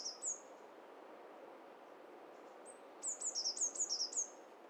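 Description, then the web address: Birds calling, very high chirping notes, a brief pair at the start then a rapid run of repeated chirps near the end, with faint hiss. Mixture of several birds, hi-fi stereo, bird cocktail party test set. "Hi Fi STEREO BIRD COCKTAIL PARTY Challenge SBCP TESTSET HDBird Cocktail Party"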